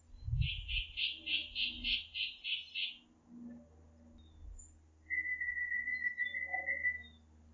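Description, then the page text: Sparrow song: a quick series of about ten buzzy, evenly spaced notes, a pause, then one long steady whistle; low thumps and faint rustling underneath. Recorded in Quito, Ecuador, on 2 January 2021 at 11:26 AM; a small sparrow moving side to side in a tall tree, repeating these sounds often, audible across the whole block. "Encontré a un gorrioncito que estaba moviéndose de un lado al otro en un árbol."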